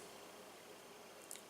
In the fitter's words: now you've heard that click that was the ejector rod snapping back in the way again